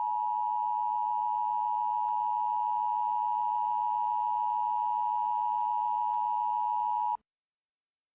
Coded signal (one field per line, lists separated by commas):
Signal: Emergency Alert System (SAME) tones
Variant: 853 and 960 Hz attention tone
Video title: Relive the Blizzard of January 2016 with the EAS